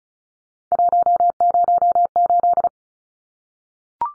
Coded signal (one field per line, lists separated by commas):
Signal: Morse code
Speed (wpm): 34 wpm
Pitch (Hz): 700 Hz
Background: none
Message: 108